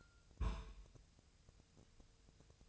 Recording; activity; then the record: daily activity, microphone in the room; place on stove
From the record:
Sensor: 2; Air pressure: 999.2 hPa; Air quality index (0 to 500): 196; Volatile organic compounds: 27 ppm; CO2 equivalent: 2889 ppm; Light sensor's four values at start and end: 6/15/6/6 and 6/15/6/6